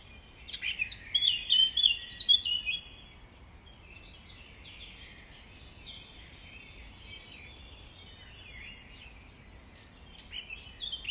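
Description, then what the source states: Nightingale song: a loud burst of rapid, varied whistles and chirps in the first few seconds, then quieter scattered notes, rising again at the end. Recorded at dawn on 5 May 2020, around 05:33.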